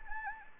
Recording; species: mosquito wingbeat signal from an infrared sensor; Anopheles gambiae